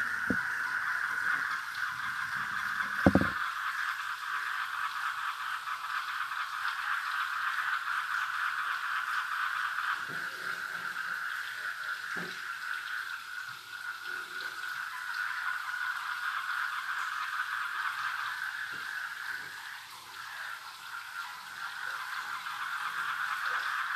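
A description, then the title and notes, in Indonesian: River frogs keep up a steady, dense rattling chorus over trickling water at night, with a sharp knock near three seconds and faint taps later. Suara kodok sungai dan germicik airnya di tengah malam.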